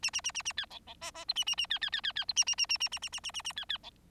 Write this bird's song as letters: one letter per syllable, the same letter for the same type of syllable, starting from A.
A A A A A B C C D D E A A A B B B B B E A A A A A A A A A A A B B C